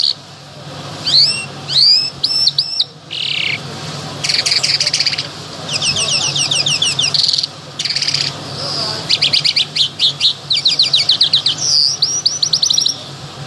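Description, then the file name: Bimaculated lark singing a long varied medley of high chirps, buzzy bursts and rapid rattling trills, with brief pauses between phrases and a faint low hum throughout. "sound black bimaculated lark"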